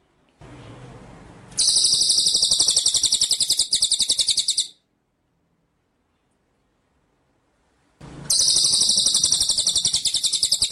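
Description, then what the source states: White-rumped shama song: two high, rapid rolled trills of steady pulses, a few seconds each, with silence between and faint hiss before each. Masteran training song in rolling, shooting style (ngerol nembak).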